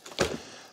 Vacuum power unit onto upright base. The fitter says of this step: sure you hear a little click so that when you lift it up it doesn't lift that up